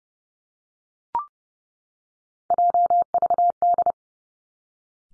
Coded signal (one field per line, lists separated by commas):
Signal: Morse code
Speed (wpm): 30 wpm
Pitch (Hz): 700 Hz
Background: none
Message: JVD